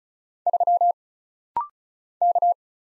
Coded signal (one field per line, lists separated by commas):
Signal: Morse code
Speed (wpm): 34 wpm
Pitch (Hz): 700 Hz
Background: none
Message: 3 K